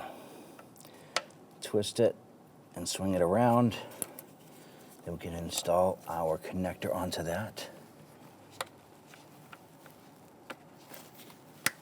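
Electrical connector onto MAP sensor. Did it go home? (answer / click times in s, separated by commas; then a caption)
yes / 11.7 s. An electrical connector is pressed onto the MAP sensor of a 2011-2021 Jeep Grand Cherokee 3.6L V6 during an ignition coil replacement, while someone talks. Faint ticks and handling noises are heard before the connector snaps into place with a sharp click at 11.7 s, seating it.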